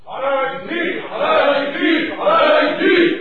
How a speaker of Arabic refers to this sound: ايه الاصوات اللي جايه من بعيد دي؟ الجماهير سايره يا مولانا. عايزين ايه؟ بيطلبوا بالافراج عن علاء الدين.